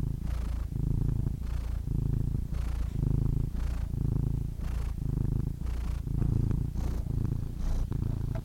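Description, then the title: Domestic cat purring steadily, a deep rumbling drone broken by soft breathy pulses. Compilation of domestic cats, from kittens to old cats. "The Ultimate Compilation of Adorable Cat Meows"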